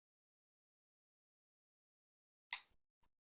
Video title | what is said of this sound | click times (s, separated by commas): [436] La Gard 2270 Picked and Gutted | All right, there's the click. And basically what that is is all the gates are lined up and the bar dropping down into the gates. | 2.5 s